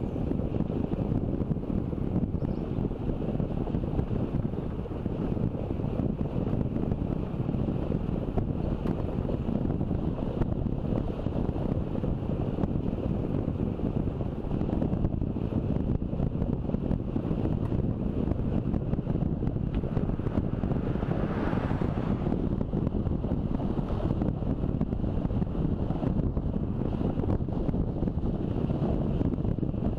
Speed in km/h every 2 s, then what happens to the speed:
24, 24, 26, 26, 27, 28, 29, 30, 29, 31, 31, 31, 32, 32, 31.
0-30 speeds up to 31.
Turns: none.